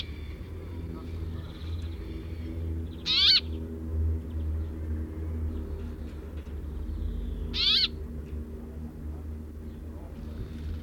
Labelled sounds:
Brambling
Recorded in captivity
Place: Bergen, Insel Rügen, Mecklenburg-Vorpommern, DE
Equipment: Nagra III BH, Sennheiser MD 21, parabola
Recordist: Schubert, Michael

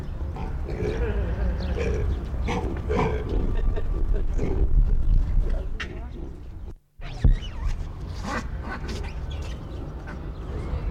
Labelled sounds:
Hamadryas Baboon
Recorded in captivity
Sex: male
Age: adult
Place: Zoo Berlin, Berlin, DE
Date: 1994-03-05 13:11
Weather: heiter, 4°C, Windböen
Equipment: Marantz CP 430, Sennheiser ME 80, Kopie Uher Variocord 263
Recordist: Tembrock, Günter

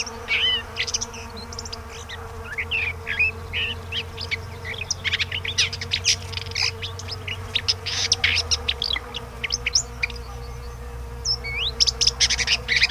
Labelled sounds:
Red-backed Shrike song
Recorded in the wild
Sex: male
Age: adult
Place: Röttenbach, Bayern, DE
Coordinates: 49.6683, 10.9244
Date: 1962-07-01
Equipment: Stellavox SM 5, AKG D19-200, Vorverstärker, langes Kabel, Original, Vollspur
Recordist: Tretzel, Erwin

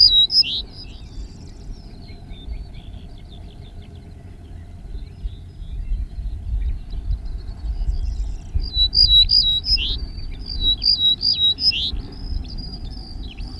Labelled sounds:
Ortolan Bunting song
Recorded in the wild
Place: Svoboda, Plodiv, BG
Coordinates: 42.395, 24.337
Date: 1974-05-28 05:36
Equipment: Nagra III BH, Sennheiser MD 21, parabola
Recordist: Schubert, Michael

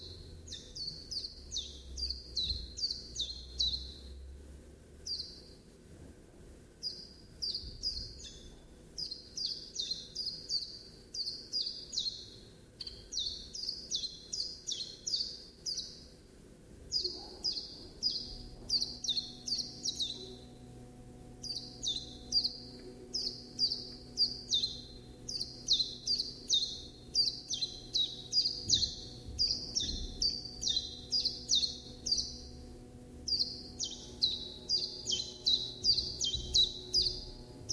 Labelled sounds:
Common Chiffchaff song
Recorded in captivity
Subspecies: collybita
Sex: male
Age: adult
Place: Zoologisches Institut Universität Tübingen, Baden-Württemberg, DE
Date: 1966-04-12 16:30
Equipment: Nagra III PH, MD 421, kleiner englischer Parabolspiegel, LGS26
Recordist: Schneider, Hans-Joachim
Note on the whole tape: Biesinger Straße Nr. 6, 1. Stock, Osteckzimmer. Gesänge eines Wildfangs (Männchen A), gefangen am 05.04.1966 bei Schornhof. Auch Aufnahmen vom 13. April um 8 Uhr 7. MaAs: M.Sch

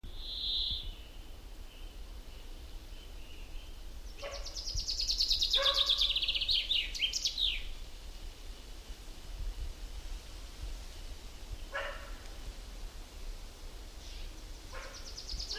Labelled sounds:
Common Chaffinch
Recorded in the wild
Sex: male
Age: adult
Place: Halbinsel Kindo, Karelien, RU
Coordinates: 66.5486, 33.1206
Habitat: taiga
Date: 1990-07-02 19:22
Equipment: Uher 4000 Report Monitor, Sennheiser MKH 416 T
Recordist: Frommolt, Karl-Heinz

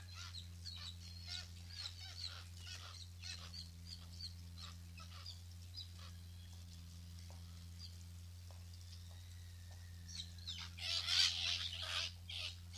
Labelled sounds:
Black-legged Kittiwake call
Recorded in captivity
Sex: group
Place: Zoo Münster, Nordrhein-Westfalen, DE
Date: 1988-10-03 14:15
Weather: overcast, 14°C
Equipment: Sony WM-D6C, Kopie Uher
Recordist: Tembrock, Günter

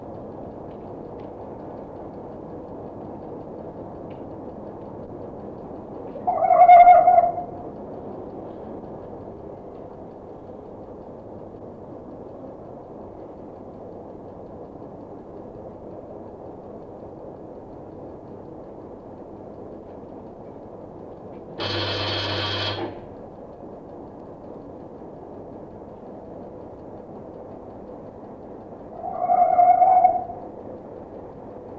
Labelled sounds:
Red Fox
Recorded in captivity
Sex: male
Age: adult
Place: Zoologisches Institut der HUB, Berlin, DE
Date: 1962-02-09 19:00
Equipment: Smaragd, Grundig-Mikrofon
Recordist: Tembrock, Günter
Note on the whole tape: Rüde Jau: Bellstrophe nachdem er unmittelbar vorher Beobachter mit Beißschütteln in die Hand gebissen hat. Abstand ca. 6 bis 8 m

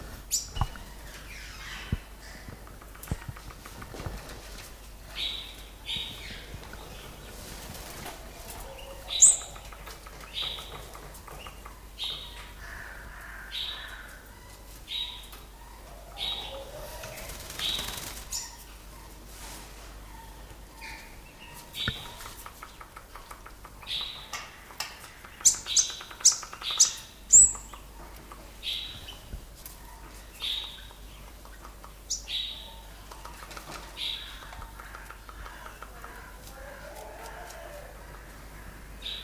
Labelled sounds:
Black-winged Red Bishop
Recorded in captivity
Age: adult
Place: Zoo Berlin, Berlin, DE
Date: 1997-11-22 12:35
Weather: overcast, ca.1°C
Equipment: Nagra SN, Kopie Uher 4000 Report Monitor
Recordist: Tembrock, Günter

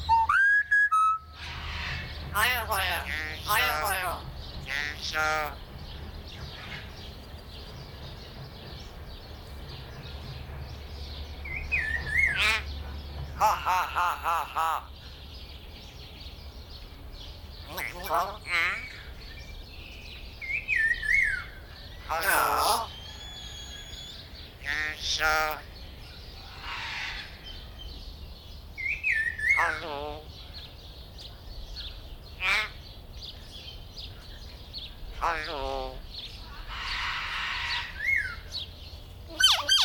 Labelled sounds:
Common Hill Myna
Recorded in captivity
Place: Zoo Berlin, Berlin, DE
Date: 1996-04-20 19:07
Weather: sonnig, 24°C
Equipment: Sony MD-WM MZ-R3, Sennheiser MKH 416 T, Kopie Uher 4000 Report Monitor
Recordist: Tembrock, Günter

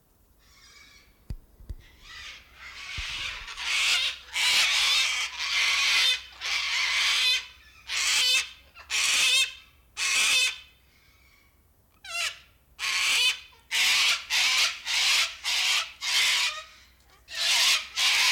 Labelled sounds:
Sulphur-crested Cockatoo call
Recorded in captivity
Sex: diverse
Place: Zoo Berlin, Berlin, DE
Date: 1996-03-13 15:35
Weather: bedeckt, 2°C
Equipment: Sony WM-D6C, Sennheiser ME 80, Kopie Uher 4000 Report Monitor
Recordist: Tembrock, Günter
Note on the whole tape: 5 Exemplare mit Langrufen und Ruffolgen mit Kopfbeugen

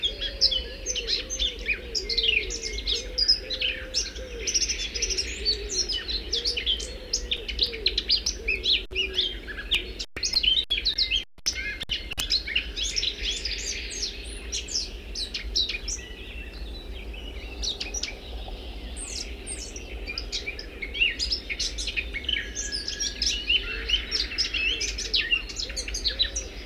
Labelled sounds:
Eurasian Blackcap song
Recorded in the wild
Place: Schaabe, Insel Rügen, Mecklenburg-Vorpommern, DE
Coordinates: 54.57, 13.45
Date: 1969-05-22
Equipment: NAGRA III BH, Sennheiser MD21 mit Reflektor (d=75 cm, Glasfiber) und Stativ
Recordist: Schubert, Michael

